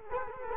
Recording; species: mosquito wingbeat signal from an infrared sensor; Culex quinquefasciatus